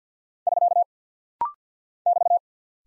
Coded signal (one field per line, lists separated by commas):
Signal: Morse code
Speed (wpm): 48 wpm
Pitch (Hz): 700 Hz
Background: none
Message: <SK> <BT>